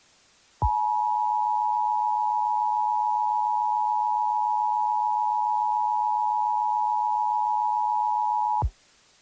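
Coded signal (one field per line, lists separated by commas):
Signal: Emergency Alert System (SAME) tones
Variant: 853 and 960 Hz attention tone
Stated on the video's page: Homemade EAS scenario, a first attempt; not a real alert.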